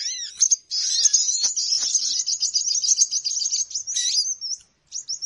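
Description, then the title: Birds chattering in a steady, high, rapid twitter after a few opening whistled notes, fading to sparse chirps at the close. Noisy bird lure sound; many birds are said to gather as soon as it starts. "Baru Diputar Dah Banyak Merapat! Suara Pikat Burung Ribut"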